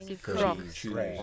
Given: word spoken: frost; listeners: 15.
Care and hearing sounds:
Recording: one English word in noise, from a listening test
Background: four-talker babble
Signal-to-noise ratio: -0.3 dB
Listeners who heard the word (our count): 0 of 15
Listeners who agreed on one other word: 9 of 15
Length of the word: 0.83 s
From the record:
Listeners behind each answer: 9, 3, 1, 1, 1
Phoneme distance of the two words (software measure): 27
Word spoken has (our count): 1 syllable, 5 phonemes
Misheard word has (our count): 1 syllable, 4 phonemes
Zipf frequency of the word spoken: 4.11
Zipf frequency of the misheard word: 2.61

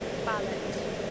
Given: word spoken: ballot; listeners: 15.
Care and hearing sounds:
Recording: one English word in noise, from a listening test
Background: speech-shaped noise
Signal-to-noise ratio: -4.3 dB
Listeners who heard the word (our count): 3 of 15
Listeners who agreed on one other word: 6 of 15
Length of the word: 0.70 s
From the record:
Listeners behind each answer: 6, 3, 3, 2, 1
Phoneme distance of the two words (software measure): 17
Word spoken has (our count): 2 syllables, 5 phonemes, stress on syllable 1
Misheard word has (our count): 2 syllables, 6 phonemes, stress on syllable 1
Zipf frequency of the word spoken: 3.94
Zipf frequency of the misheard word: 4.73

